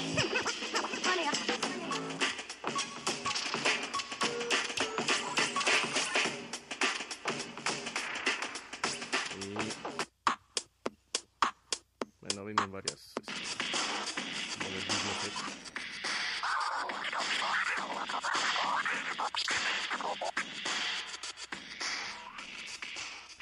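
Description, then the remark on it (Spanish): A telephone being handled live on air: continuous scraping, rubbing and shuffling noise, broken around the middle by a short run of sharp, separate taps and knocks, then more steady rustling handling sounds. “Manipulando en el vivo con su... Sí, eso teléfono. Que se oye es aquel teléfono.”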